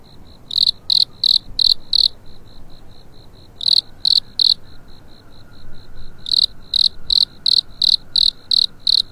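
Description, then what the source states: Cricket chirping in loud, high pulses about three per second, in bursts separated by quieter softer chirps, with a faint steady hum beneath. Cricket awakening on a spring night.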